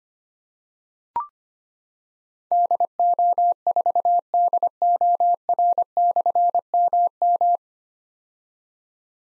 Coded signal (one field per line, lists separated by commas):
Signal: Morse code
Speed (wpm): 25 wpm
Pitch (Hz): 700 Hz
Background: none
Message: DO4DOR/MM